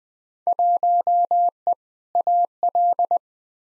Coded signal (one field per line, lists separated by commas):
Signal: Morse code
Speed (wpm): 21 wpm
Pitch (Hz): 700 Hz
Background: none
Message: 1E AL